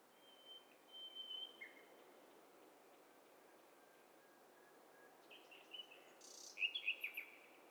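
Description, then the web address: Birds calling faintly: a thin steady whistle near the start, a short lower note, then a cluster of sharp rapid chirps and buzzy notes toward the end, over a soft hiss. Mixture of several birds calling together, from a stereo bird cocktail party test set. "Hi Fi STEREO BIRD COCKTAIL PARTY Challenge SBCP TESTSET"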